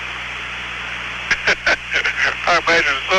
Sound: laughter